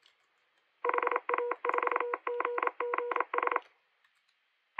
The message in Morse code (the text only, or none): HA4GGS